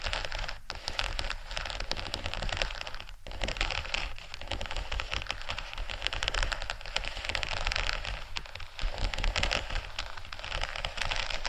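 Faux leather being scratched in a continuous, dense stream of rough scraping that runs the whole eleven seconds. The texture is bright and crackly, full of rapid tiny ticks, with brief dips near one and three seconds before the scratching resumes at an even level.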